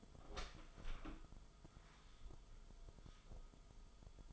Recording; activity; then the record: daily activity, microphone in the room; open door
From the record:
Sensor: 5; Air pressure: 1004.8 hPa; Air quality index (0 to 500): 87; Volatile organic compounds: 2 ppm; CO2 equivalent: 1057 ppm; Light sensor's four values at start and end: 35/81/33/31 and 35/81/32/31